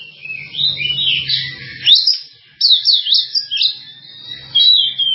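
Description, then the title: Java sparrow chirps and twitters: an opening string of sliding notes, a short pause, then a lively run of looping chirps and a thin steady note. "kicau gelatik"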